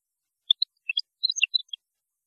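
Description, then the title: European goldfinch song, a brief, rapid sequence of bright chirping and twittering notes lasting just over a second. "Chant Chardonneret"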